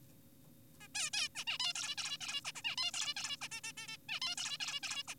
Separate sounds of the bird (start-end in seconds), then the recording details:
0.81-0.88, 0.95-1.10, 1.14-1.29, 1.35-1.44, 1.47-1.58, 1.60-1.73, 1.76-1.96, 1.98-2.18, 2.21-2.41, 2.45-2.52, 2.56-2.62, 2.65-2.76, 2.78-2.92, 2.94-3.14, 3.17-3.37, 3.42-3.48, 3.52-3.61, 3.64-3.72, 3.78-3.87, 3.88-3.97, 4.09-4.20, 4.22-4.36, 4.38-4.58, 4.60-4.80, 4.83-5.03, 5.08-5.15. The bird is an adult. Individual g4p5U